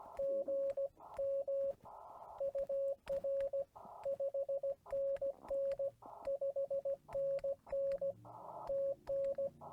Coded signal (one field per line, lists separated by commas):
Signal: Morse code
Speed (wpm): 16 wpm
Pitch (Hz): 550 Hz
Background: radio noise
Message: GM UR 5NN 5NN TN